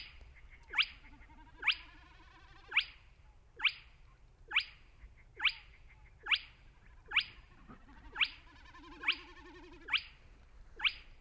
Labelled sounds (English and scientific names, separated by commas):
Spotted Crake (Porzana porzana)